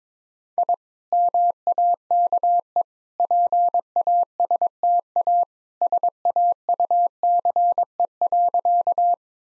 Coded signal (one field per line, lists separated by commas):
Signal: Morse code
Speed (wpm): 22 wpm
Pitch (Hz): 700 Hz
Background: none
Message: I MAKE PASTA SAUCE.